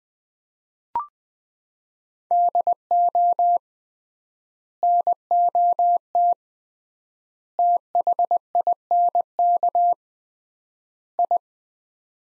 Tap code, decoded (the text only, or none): none